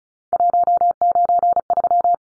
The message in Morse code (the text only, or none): 193